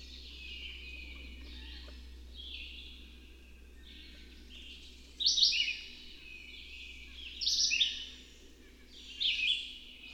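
Bird song as softer high warbled phrases, with a few louder bursts in the second half over a steady low hum.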